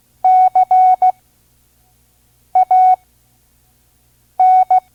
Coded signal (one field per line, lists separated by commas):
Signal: Morse code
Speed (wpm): 16 wpm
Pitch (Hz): 740 Hz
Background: none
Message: CAN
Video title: Morse Code Course. Listen and Learn Part-1 (5 words per minute) Vintage ARRL Course